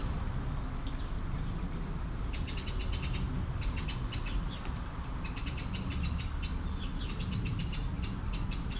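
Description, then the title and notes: Eurasian blackbird uttering high, drawn-out thin seee notes, mixed with bursts of sharp ticks, over steady low water noise. One blackbird beside a small stream at Aveize, France, 12 July 2017; recorded with a DPA-2006c AB pair into a Mixpre-3. "Aveize, France - Merle - Blackbird. 20170712-Merle et ruisseau. Bord de ruisseau, un merle, quelques mouches, des avions au loin. Near a small river, a blackbird, a few flies, planes in the distance"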